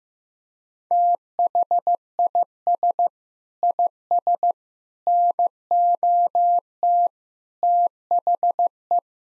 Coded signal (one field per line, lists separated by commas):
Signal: Morse code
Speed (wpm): 15 wpm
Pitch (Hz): 700 Hz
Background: none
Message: THIS IS NOT THE